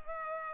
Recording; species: mosquito wingbeat signal from an infrared sensor; Culex pipiens